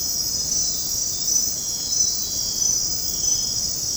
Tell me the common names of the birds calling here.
none